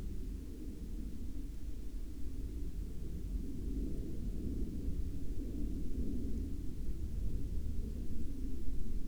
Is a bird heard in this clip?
no